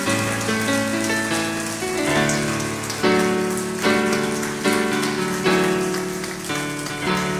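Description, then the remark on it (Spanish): Steady, continuous audience applause during a Sunday morning worship service, a dense crackling wash of clapping that runs for the whole stretch over sustained chords of background music, with no voices rising above it. “¿Quieres dar un aplauso? Dale un aplauso, señor.”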